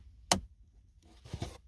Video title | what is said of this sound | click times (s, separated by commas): Jeep JL Possessed? Watch this video. | this is just the reverse of what you did before so you'll slide it through and push it down until it snaps | 0.3 s